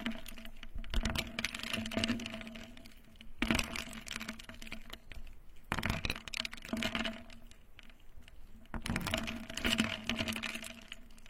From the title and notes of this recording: The soulful sensory spa experience of ice and water.